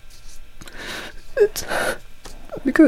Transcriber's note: crying